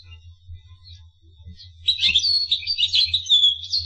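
Finch song beginning after a quiet start, a lively high twitter of chirps and trills, low background hum.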